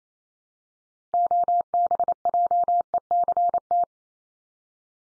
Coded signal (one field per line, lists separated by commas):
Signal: Morse code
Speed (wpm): 28 wpm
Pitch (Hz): 700 Hz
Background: none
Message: OBJECT